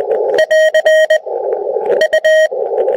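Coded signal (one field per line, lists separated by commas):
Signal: Morse code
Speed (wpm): 20 wpm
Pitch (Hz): 630 Hz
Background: radio noise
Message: <AR> U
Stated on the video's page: Morse seen on a transceiver waterfall display, captured through an HDMI-to-USB recording stick from the transceiver's DVI-D output.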